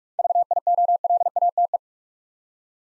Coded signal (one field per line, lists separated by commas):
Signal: Morse code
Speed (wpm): 44 wpm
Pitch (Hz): 700 Hz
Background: none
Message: VIOLATE